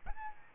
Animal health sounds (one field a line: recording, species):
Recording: mosquito wingbeat signal from an infrared sensor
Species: Aedes albopictus